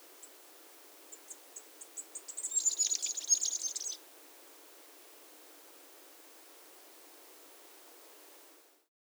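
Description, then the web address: Masked flowerpiercer giving one high, thin song phrase: a few spaced chips accelerating into a brief jumbled twitter, over steady background hiss. Recorded at Iguaque, Villa de Leyva and surroundings, Colombia. "sonidos de las aves iguaque villa de leyva y sus alrededores 35 Diglosa De Antifaz, Diglossa cyanea"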